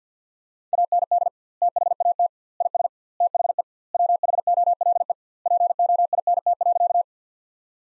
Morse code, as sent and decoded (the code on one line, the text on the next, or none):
.- -. -.. / - .... .- - / .. ... / - .... . / .-- .... --- .-.. . / .--. --- .. -. - .-.-.-
AND THAT IS THE WHOLE POINT.